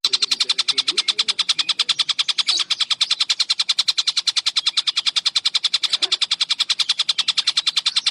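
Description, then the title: Spiderhunter song of rapid, evenly spaced high chips in an unbroken run. Long, clear, vigorous song; used as a tutor recording for birds. "Pijantung Gunung Gacor Jernih Panjang"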